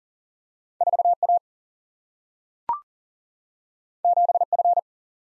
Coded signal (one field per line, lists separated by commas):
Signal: Morse code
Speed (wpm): 40 wpm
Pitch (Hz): 700 Hz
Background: none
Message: 4 A 7 F